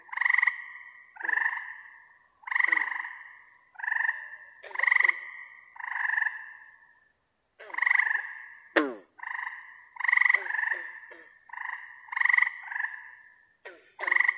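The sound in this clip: Frog giving repeated nasal, harmonic croaking calls, some notes doubled, with one sharp sweeping sound partway through.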